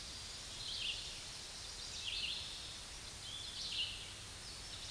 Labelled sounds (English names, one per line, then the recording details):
Red-eyed Vireo song
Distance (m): 35 m
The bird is about 20 m above the microphone
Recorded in a Pennsylvania forest on 16 May 2024 at 07:48
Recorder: AudioMoth, point MSD-2146
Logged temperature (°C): 16.7 °C
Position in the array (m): 150 m, 29 m